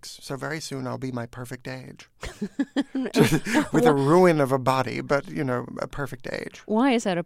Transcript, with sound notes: so very soon I'll be my perfect age.
(SOUNDBITE OF LAUGHTER)
With a ruin of a body, but you know, a perfect age.